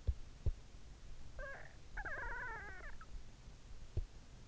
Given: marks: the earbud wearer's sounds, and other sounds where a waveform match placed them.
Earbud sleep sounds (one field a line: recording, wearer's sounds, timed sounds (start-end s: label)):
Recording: sounds in sleep by an in-ear microphone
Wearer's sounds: teeth grinding, snoring breath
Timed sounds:
0.00-0.65 s: teeth grinding
1.16-3.34 s: snoring breath